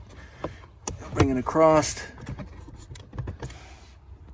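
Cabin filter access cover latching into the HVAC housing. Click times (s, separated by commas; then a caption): 3.0 s, 3.2 s. On a 2011 Jeep Grand Cherokee, the plastic cabin filter access cover behind the glove box is swung across and pushed into place on the HVAC housing while someone talks, with small handling knocks along the way. Its latch gives faint, light clicks at 3.0 s and 3.2 s, and the cover is seated over the new filter.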